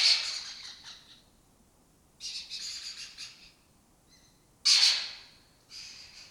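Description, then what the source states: Lesser kestrel loud harsh calls, scratchy grating bursts, a stuttering series in the middle, and a sharp rasp followed by a shorter one. Colony of migratory lesser kestrels occupying an abandoned building or house complex in Doñana; forages in West Africa, breeds in southern Europe.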